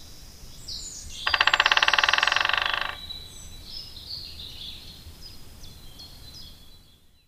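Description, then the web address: White-backed woodpecker drumming: one rapid, even burst of bill taps lasting under two seconds, while other birds sing high, thin phrases throughout. "agykontroll Madardalok Cd 1. Fehérhátú fakopáncs"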